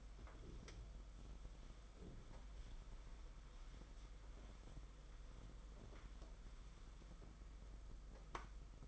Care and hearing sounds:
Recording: daily activity, microphone in the room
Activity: wipe stove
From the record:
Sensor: 5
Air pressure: 991.6 hPa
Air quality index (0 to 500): 122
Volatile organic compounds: 47 ppm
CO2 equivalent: 3252 ppm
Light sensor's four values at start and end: 34/102/40/43 and 34/99/39/42

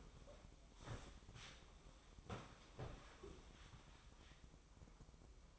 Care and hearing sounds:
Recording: daily activity, microphone in the room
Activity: sit down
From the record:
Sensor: 1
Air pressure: 1005.0 hPa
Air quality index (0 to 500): 122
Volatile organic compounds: 5 ppm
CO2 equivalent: 1705 ppm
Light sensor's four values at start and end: 10/25/10/11 and 11/27/10/11

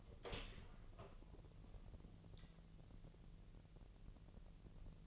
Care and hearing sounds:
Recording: daily activity, microphone in the room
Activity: open door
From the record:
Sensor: 4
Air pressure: 1002.2 hPa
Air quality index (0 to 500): 249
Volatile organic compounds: 42 ppm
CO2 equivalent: 3174 ppm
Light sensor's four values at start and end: 10/22/9/8 and 9/21/8/8

